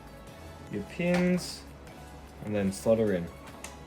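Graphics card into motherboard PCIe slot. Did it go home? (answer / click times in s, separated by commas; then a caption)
yes / 3.6 s. A graphics card has its pins lined up and is pushed into a motherboard PCIe slot while someone talks. At 3.6 s the slot's retention clip latches with one sharp click. The card is seated.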